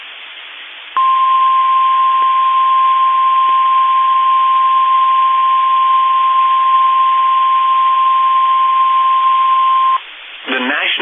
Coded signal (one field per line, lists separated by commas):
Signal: Emergency Alert System (SAME) tones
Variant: 1050 Hz attention tone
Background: speech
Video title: EAS Alerts from 6/2/25